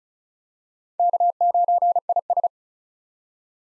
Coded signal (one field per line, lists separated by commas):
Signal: Morse code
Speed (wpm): 34 wpm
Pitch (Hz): 700 Hz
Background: none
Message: K9IS